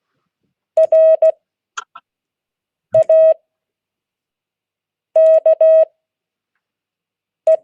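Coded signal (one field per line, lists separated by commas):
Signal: Morse code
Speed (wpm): 16 wpm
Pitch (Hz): 640 Hz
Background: none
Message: RAKE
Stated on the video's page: Morse code class.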